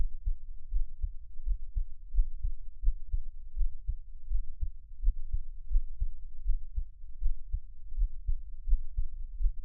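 A close-miked adult heartbeat at about 82 beats per minute, irregular, with frequent skipped beats.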